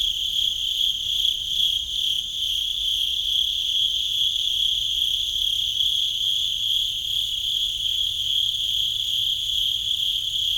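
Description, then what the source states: Cricket trilling nonstop in a high, ringing buzz, even in pitch. At Sakhalvasho, Georgia.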